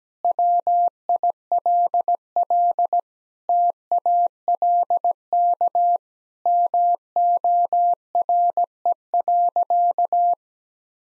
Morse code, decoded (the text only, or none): WILL TALK MORE.